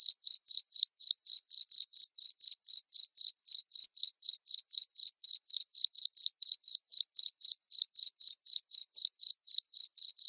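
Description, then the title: Cricket chirping continuously, bright high pulses repeated roughly four times a second with a steady even rhythm. Loud cricket chirping played to make lovebirds sing continuously. "Suara JANGKRIK NGERIK Keras Bikin LOVEBIRD Jadi NGEKEK Terus"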